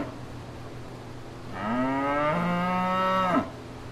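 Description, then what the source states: Cow mooing once, a single drawn-out harmonic moo about two seconds long that rises slightly then ends abruptly, over a steady low hum. Cow at fair grounds.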